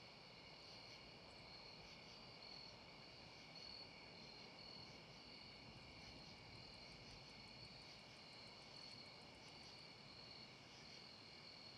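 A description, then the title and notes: Dusk at Ninigret Park in Charlestown: a dense, unbroken chorus of insects holds steady high bands throughout, with a faster ticking pulse near the top from about six to nine seconds. Beneath it runs a constant low rumble, like a far-off engine or aircraft. Dusk at Ninigret Park, Charlestown. Recording was made at Ninigret Park, in Charlestown, Rhode Island. It was a mild, peaceful evening.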